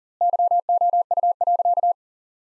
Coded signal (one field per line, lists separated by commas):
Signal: Morse code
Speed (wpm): 40 wpm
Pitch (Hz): 700 Hz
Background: none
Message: YOU.